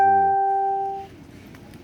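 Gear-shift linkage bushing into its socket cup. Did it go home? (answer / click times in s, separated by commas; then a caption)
no / none. A gear-shift linkage bushing is being pushed into its cup-shaped socket. A clear ringing tone sounds from the start and fades out at about 1.1 s, followed by quiet low rumble and two short, faint knocks at about 1.6 and 1.7 s. The bushing fails to seat, and nothing has seated or clicked yet.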